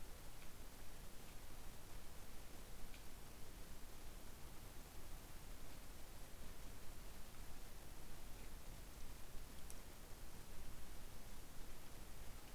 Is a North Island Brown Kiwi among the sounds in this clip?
no